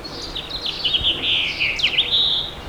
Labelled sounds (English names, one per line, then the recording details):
House Finch song
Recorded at Babylon on Long Island, New York, on 18 May 2013
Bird A